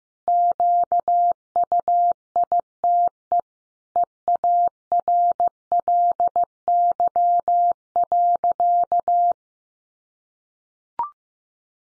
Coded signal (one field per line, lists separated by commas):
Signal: Morse code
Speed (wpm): 15 wpm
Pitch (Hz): 700 Hz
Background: none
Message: QUITE EARLY.